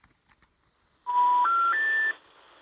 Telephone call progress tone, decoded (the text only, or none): special information tone